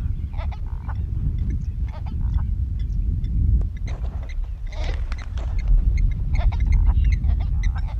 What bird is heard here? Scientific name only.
Pterocles gutturalis